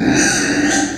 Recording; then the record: squeal of a Yucatan mini pig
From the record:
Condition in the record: before surgery on the right vocal fold (resection and tissue-engineered implant); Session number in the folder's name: 3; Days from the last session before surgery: 0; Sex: female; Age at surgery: 19 weeks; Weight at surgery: 25 kg